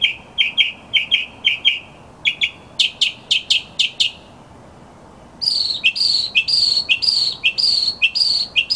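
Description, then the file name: Northern mockingbird singing: a run of repeated chirps, then buzzy clicking notes, a short pause, and a new phrase of high slurred notes repeated several times. "kicauan-burung-northern-mockingbird -omkicau"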